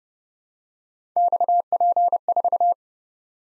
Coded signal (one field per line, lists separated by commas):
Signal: Morse code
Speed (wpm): 30 wpm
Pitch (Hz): 700 Hz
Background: none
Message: XP4